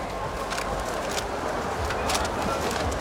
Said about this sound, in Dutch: En dat beetje dat kraken, dat is gekraak van plastic bekers. Het geluid kent iedereen wel van een festival of een concert.